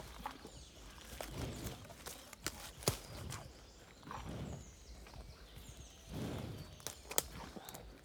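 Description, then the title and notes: Cow breathing in heavy, rushing breaths at intervals, with sharp clicks and crunches of grazing between breaths. Curious cow eating very close, its warm breath audible, in the Marais Poitevin marshes at Le Mazeau, France, at 09:20; MixPre-6 II with DPA 4022 microphones in ORTF. "Jolie Marais, 85420 Le Mazeau, France - A TAAAABLE DANS LES MARAIS. REPAS DE VACHE. EXTJ_VACHE MANGE ET SOUFFLE_MARAIS POITEVIN_09H20. En grande proximité, repas d'une vache dans les Marais. Curieuse, son souffle en proximité est fort chaleureux"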